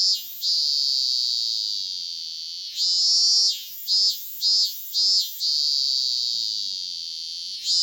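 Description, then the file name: Robust cicada song: long, steady, shrill droning broken by a run of short pulsed bursts, then a return to the sustained high drone. "cicada minmin"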